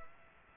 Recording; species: mosquito wingbeat signal from an infrared sensor; Aedes aegypti